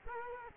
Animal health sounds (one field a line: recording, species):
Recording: mosquito wingbeat signal from an infrared sensor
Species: Culex quinquefasciatus